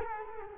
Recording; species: mosquito wingbeat signal from an infrared sensor; Culex quinquefasciatus